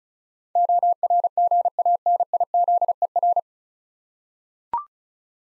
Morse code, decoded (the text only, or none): ORGANIZER